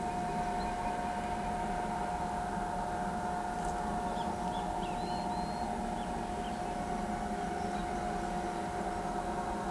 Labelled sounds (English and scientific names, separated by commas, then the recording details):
Great Kiskadee (Pitangus sulphuratus), Trinidad Euphonia (Euphonia trinitatis)
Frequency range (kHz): Great Kiskadee (Pitangus sulphuratus) 2.2-4.2 kHz; Trinidad Euphonia (Euphonia trinitatis) 3.4-4.6 kHz
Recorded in pastures near Pivijay, Magdalena, Colombia, on 15 April 2023 at 08:30
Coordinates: 10.456, -74.369
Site P6-G026